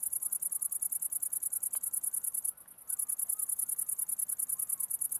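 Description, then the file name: Cricket chirping, a quick high pulsed trill that pauses once briefly; faint soft sounds underneath. Recorded 11 August 2009; several crickets. "20090811 crickets"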